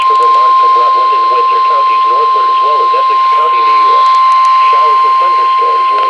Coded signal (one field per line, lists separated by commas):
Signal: Emergency Alert System (SAME) tones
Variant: 1050 Hz attention tone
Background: speech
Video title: [BMH Fail] - NOAA Weather Radio EAS #419: Severe Thunderstorm Warning